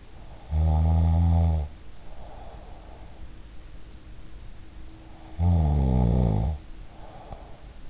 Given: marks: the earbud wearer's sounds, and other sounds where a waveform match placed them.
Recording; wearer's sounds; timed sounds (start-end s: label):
sounds in sleep by an in-ear microphone; snoring breath
0.30-3.26 s: snoring breath
5.26-7.90 s: snoring breath